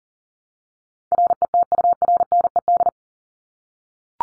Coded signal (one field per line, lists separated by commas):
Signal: Morse code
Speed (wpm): 40 wpm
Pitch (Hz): 700 Hz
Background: none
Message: RETURNED